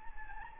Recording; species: mosquito wingbeat signal from an infrared sensor; Anopheles gambiae